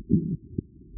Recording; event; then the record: neck accelerometer signal played as sound; no cough (speech, laughter, throat clearing or background)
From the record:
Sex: male